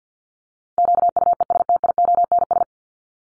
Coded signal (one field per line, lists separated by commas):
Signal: Morse code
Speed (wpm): 48 wpm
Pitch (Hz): 700 Hz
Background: none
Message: QUESTIONS